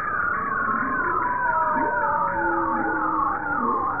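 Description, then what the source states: Bowhead whale calls, overlapping wavering tones sliding up and down beneath steady low underwater noise. Recorded 20 April 1988.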